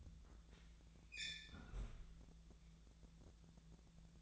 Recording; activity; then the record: daily activity, microphone in the room; close fridge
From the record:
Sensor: 3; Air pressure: 1000.1 hPa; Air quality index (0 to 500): 132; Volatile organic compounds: 2 ppm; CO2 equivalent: 1178 ppm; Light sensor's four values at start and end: 43/110/47/51 and 43/109/46/51